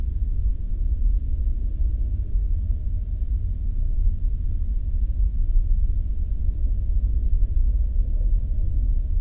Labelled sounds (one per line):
man-made sound